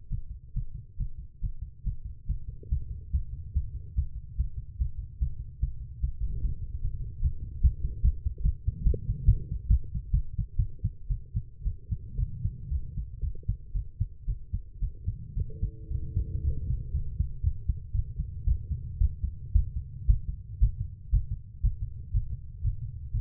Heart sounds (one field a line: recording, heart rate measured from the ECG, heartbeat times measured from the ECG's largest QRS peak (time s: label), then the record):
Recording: heart sounds by stethoscope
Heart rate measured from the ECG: 128 bpm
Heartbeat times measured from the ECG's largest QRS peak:
0.08 s: heartbeat
0.53 s: heartbeat
0.96 s: heartbeat
1.40 s: heartbeat
1.83 s: heartbeat
2.25 s: heartbeat
2.68 s: heartbeat
3.10 s: heartbeat
3.52 s: heartbeat
3.94 s: heartbeat
4.35 s: heartbeat
4.76 s: heartbeat
5.17 s: heartbeat
5.58 s: heartbeat
5.99 s: heartbeat
6.40 s: heartbeat
6.80 s: heartbeat
7.21 s: heartbeat
7.61 s: heartbeat
8.02 s: heartbeat
8.43 s: heartbeat
8.84 s: heartbeat
9.26 s: heartbeat
9.68 s: heartbeat
10.12 s: heartbeat
10.57 s: heartbeat
11.09 s: heartbeat
11.64 s: heartbeat
12.17 s: heartbeat
12.70 s: heartbeat
13.21 s: heartbeat
13.73 s: heartbeat
14.27 s: heartbeat
14.81 s: heartbeat
15.36 s: heartbeat
15.89 s: heartbeat
16.43 s: heartbeat
16.93 s: heartbeat
17.42 s: heartbeat
17.93 s: heartbeat
18.45 s: heartbeat
18.99 s: heartbeat
19.53 s: heartbeat
20.07 s: heartbeat
20.60 s: heartbeat
21.11 s: heartbeat
21.62 s: heartbeat
22.12 s: heartbeat
22.62 s: heartbeat
23.12 s: heartbeat
From the record:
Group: healthy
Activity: rest 0-14 s, Valsalva maneuver 14-23 s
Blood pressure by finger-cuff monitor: 189/105 mmHg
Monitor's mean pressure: 129 mmHg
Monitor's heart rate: 117 bpm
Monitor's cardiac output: 9.1 L/min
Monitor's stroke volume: 75 mL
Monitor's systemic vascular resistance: 1080 dyn s/cm5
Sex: female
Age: 19 years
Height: 163 cm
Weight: 51 kg